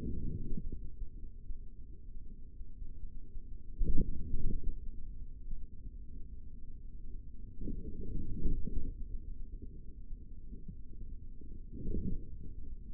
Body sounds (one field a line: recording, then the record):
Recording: forearm muscle sounds (acoustic myography)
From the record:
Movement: forearm supination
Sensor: system 3, bracelet of six PUI Audio POM-2738L microphones around the upper forearm, with dedicated amplification and filtering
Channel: 6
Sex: male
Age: 25 years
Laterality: right